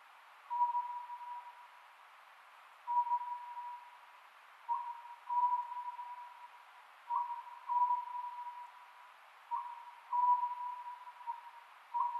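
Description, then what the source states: Oriental scops owl giving repeated two-part hooted phrases, a brief opening note and a longer sustained one, roughly every two and a half seconds. Recorded 27 May 2010 at 22:21.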